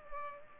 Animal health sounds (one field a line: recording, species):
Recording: mosquito wingbeat signal from an infrared sensor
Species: Culex pipiens